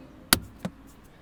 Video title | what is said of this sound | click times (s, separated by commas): RV Water and Sewer Hookup for Beginners (Time Saving Tips!) | and so the hose just clicks right into the water filter, and then that part is done. | 0.3 s